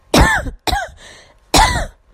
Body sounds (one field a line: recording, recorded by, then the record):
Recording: voluntary cough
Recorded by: messaging app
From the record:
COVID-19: negative